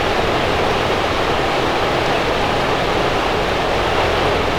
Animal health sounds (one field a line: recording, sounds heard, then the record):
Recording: poultry house recording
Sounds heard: no chicken sound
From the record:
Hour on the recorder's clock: 12